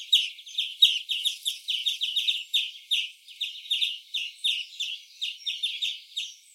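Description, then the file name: European greenfinch giving rapid, bright chirping and twittering notes in quick bursts throughout. "Chloris chloris"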